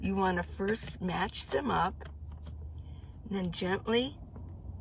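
An interchangeable lens is being handled at a camera body mount, with the red mark on the lens lined up to the red mark on the body, while someone talks over a low steady hum. A few faint, brief ticks are heard, but the lens has not seated or clicked into the mount yet.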